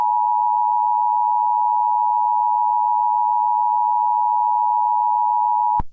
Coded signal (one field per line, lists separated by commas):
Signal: Emergency Alert System (SAME) tones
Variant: 853 and 960 Hz attention tone